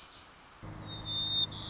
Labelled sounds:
White-crowned Sparrow
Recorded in Sonoma County, California

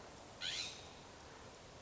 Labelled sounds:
California Scrub-Jay
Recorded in Sonoma County, California

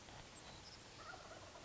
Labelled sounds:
Savannah Sparrow
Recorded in Sonoma County, California

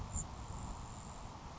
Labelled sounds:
Grasshopper Sparrow
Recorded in Sonoma County, California

